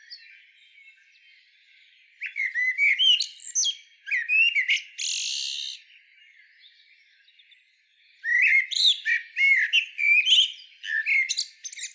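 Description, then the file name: Common blackbird singing several phrases of mellow whistles running into thin, high twitters, with a short pause midway. "Turdus merula"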